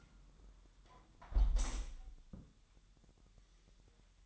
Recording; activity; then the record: daily activity, microphone in the room; close window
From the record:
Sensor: 3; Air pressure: 1000.2 hPa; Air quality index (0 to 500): 238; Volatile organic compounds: 131 ppm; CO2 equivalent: 3934 ppm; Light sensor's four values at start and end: 10/24/10/9 and 10/23/9/9